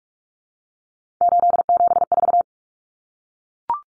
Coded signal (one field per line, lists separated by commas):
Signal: Morse code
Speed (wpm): 44 wpm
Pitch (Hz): 700 Hz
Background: none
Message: 874